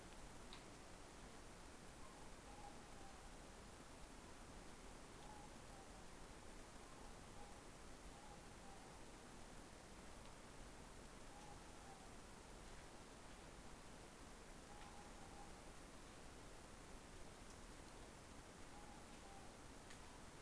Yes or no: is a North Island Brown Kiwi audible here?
no